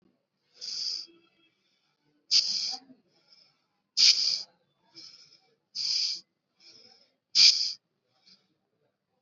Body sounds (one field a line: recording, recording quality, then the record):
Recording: shallow breathing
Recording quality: excellent, no background noise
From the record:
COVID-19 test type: RT-PCR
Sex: male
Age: 21 years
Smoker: no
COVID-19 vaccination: both doses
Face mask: worn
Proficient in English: yes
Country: India